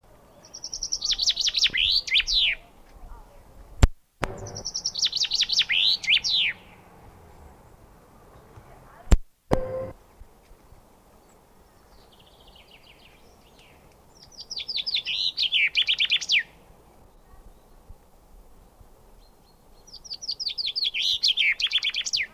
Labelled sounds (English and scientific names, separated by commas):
Common Chaffinch (Fringilla coelebs)